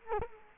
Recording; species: mosquito wingbeat signal from an infrared sensor; Culex quinquefasciatus